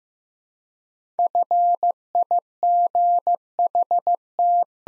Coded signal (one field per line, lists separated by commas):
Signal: Morse code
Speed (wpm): 15 wpm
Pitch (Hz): 700 Hz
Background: none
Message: FIGHT